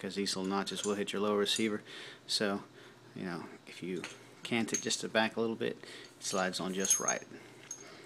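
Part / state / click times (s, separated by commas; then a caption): sling end plate onto AR-15 lower receiver / not seated / none. A metal ASAP sling end plate is slid onto the receiver extension of an AR-15 lower receiver while someone talks, with light metallic handling sounds and a couple of brief clicks near the end. The plate is being handled and positioned so its small notch will meet the lower receiver, but nothing has seated yet.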